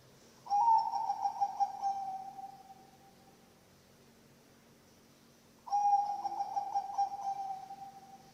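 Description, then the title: Zebra dove song, two long trilled coos about five seconds apart, each starting abruptly and holding a wavering, pulsing tone before trailing away. Bangkok-type zebra dove (perkutut) song, played for training other birds (masteran) and for luring (pancingan). "mster Mnuk. SUARA OCEHAN BURUNG PERKUTUT BANGKOK Untuk MASTERAN dan PANCINGAN"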